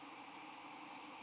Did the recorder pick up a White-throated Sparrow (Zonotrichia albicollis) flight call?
no